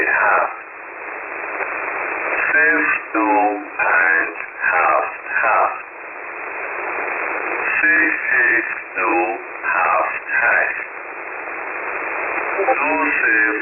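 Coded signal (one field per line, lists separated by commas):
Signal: numbers station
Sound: short spoken words at fairly even intervals over constant shortwave hiss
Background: radio static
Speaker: So again, this is on upper sideband on HF at 7842.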